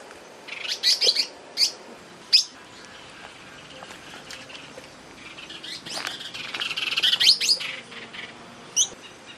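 Pale baywing calls: bursts of sharp, high chirping notes in two clusters, a quick cluster early on and a longer, busier chattering run later, then one final chirp.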